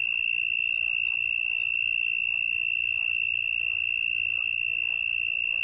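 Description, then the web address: Southern mole cricket trill, continuous and even, a monotone buzz that never pauses, over quiet low rumble and faint scattered background noise. Recorded in North America. "Songs of Insects. Southern Mole Cricket"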